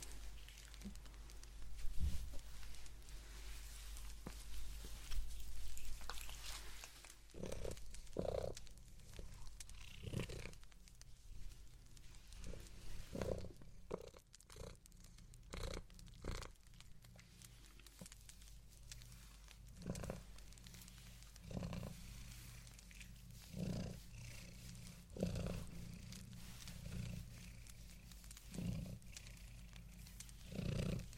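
Knitting a blanket: short soft clicks and rustling taps land every second or two, irregular but steady through the half minute. A low, constant hum sits underneath, with a deeper rumbling stretch in the first seven seconds before it eases.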